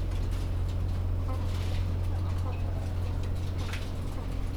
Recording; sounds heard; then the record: poultry house recording; sick chickens (respiratory disease)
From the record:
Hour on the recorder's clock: 16